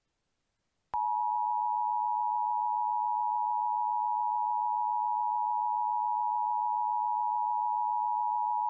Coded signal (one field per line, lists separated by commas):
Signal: Emergency Alert System (SAME) tones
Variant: 853 and 960 Hz attention tone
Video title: EAS Mock: The First Snow Squall Warning Ever Issued! 2/2/18